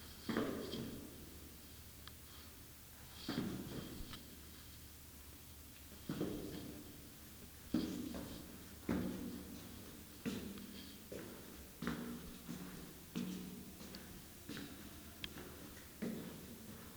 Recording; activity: daily activity, guitar pickup as the sensor; go downstairs